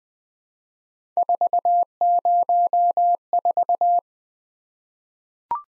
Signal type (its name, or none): Morse code